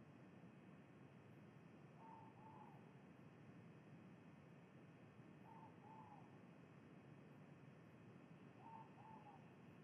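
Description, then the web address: Ivory-breasted pitta calling three times, each a quick pair of mellow whistles, spaced roughly three seconds apart over low droning noise. Indonesia. "ULM-DS-Lab indonesian-bird-sounds Pitta maxima"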